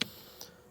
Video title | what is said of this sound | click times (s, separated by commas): 2015 Toyota Sequoia ( Gen 2 ) clock spring and steering angle position sensor replacement | But click it in place, | 0.0 s